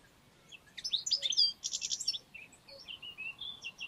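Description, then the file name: European goldfinch twittering: a quick tumble of high chirps and a buzzy burst, then thinner whistled notes, over a steady hiss of background noise. "Carduelis carduelis"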